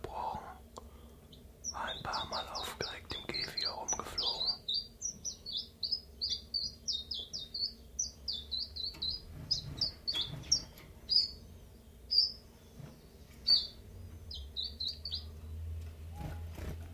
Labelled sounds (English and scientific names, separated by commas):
Common Chiffchaff (Phylloscopus collybita)